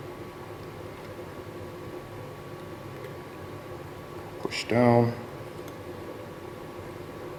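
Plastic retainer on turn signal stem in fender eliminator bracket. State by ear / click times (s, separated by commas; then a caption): seated / 4.5 s. A small plastic push-in retainer is pressed down over the turn signal stem mounted in a Graves fender eliminator bracket for a 2015-2017 Yamaha YZF-R1, against a steady background hum. It snaps and locks into place with a sharp click at 4.5 s, and someone talks just after.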